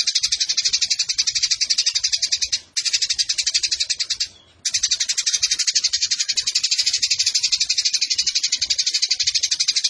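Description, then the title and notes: Eurasian tree sparrow giving rapid, shrill, rattling chatter in a continuous stream, with one short break and a longer gap near the middle. Long, clear-voiced fighting chatter ('tarung'), used as master tutor song ('masteran') for training birds for song competitions. "GEREJA TARUNG NEMBAK PANJANG SUARA JERNIH MASTERAN WAJIB BURUNG LOMBA. Burung Gereja"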